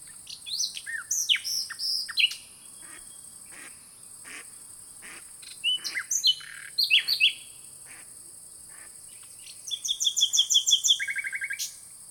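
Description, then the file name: Common nightingale song with varied whistled and chattering phrases, sudden pauses, and a closing run of rapid repeated notes, over a constant high-pitched background hiss. "Luscinia megarhynchos"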